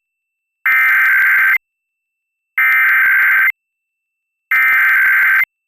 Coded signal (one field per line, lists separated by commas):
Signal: Emergency Alert System (SAME) tones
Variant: header bursts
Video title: EAS During Dinosaur Train (5-25-22 WMPB-DT3)